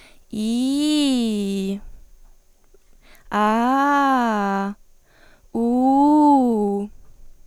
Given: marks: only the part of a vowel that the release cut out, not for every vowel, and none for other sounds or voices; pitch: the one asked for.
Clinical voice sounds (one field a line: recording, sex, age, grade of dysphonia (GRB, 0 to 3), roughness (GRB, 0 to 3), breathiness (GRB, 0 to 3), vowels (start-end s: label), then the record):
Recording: sustained vowels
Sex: female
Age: 18 to 19 years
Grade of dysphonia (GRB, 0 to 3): 0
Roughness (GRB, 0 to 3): 0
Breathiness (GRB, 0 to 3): 0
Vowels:
0.52-1.59 s: vowel /i/, low-high-low pitch
3.46-4.52 s: vowel /a/, low-high-low pitch
5.70-6.74 s: vowel /u/, low-high-low pitch
From the record:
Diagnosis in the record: healthy voice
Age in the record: 19 years